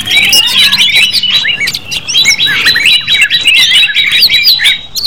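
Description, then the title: Leafbird singing a dense, fast medley of sharp chirps and twisting whistled notes, barely pausing, over a faint steady high whine. "CUCAK IJO"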